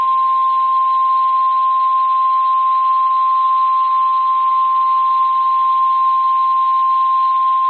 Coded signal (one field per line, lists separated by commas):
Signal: Emergency Alert System (SAME) tones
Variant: 1050 Hz attention tone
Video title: Severe Thunderstorm Warning (EAS 240)